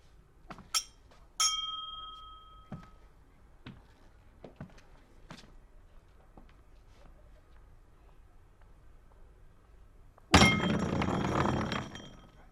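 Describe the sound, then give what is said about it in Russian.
A glass strikes a hard floor without breaking, with a couple of sharp clinks and a brief ringing tone, followed by faint scattered taps, then a loud rushing noise near the end. “Не разбилась. Плохая примета.”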